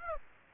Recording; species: mosquito wingbeat signal from an infrared sensor; Aedes aegypti